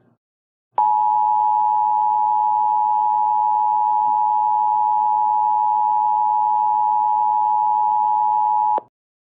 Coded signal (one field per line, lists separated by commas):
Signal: Emergency Alert System (SAME) tones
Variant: 853 and 960 Hz attention tone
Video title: Scansoft Tom Eas Test Analog Horror